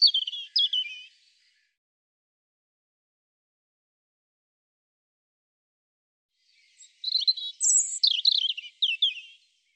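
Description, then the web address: European robin singing two high warbled phrases separated by a long pause, the second richer, with quick descending slurs and sweet, squeaky notes. "cianscape birddata Deverinetal 2025 Bird Er Ru"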